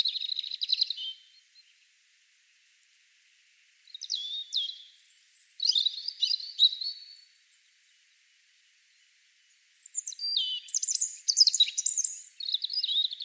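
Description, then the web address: European robin singing three high, varied phrases of twittering trills and thin whistles, separated by short silences. "Deverinetal 2025 File origin Bird Only Er Ru"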